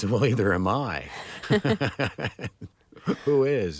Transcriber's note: soundbite of laughter